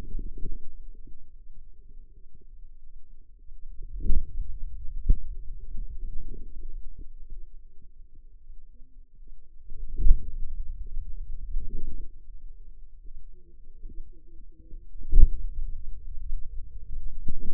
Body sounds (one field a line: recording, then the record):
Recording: forearm muscle sounds (acoustic myography)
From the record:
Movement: hand closing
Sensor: system 2, bracelet of six BSWA MPA416 microphones around the upper forearm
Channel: 1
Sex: female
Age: 25 years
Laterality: right